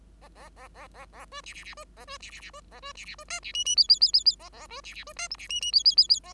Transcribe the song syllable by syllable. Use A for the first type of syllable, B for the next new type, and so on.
A A A A A A B C C C B A B C C C B A B C C B D C E E F F F F F A A B C C B D G C E E F F F F A